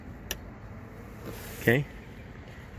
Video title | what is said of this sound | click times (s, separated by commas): Jeep Grand Cherokee Headlight Bulb Replacement Change 2021 and Others Similar | Should be able to hear it snap in. | 0.3 s